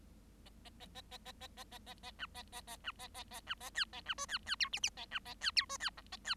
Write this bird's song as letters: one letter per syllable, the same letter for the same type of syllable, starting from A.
A A A A A A A A A A A B A A A B A A A B A C A B D C C E F F A B A C E D C G A C